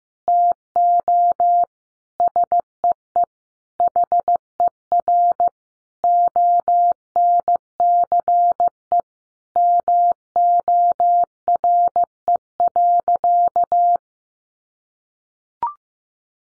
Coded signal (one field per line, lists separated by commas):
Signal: Morse code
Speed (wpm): 15 wpm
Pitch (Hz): 700 Hz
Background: none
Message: TO SEE HER ONCE MORE.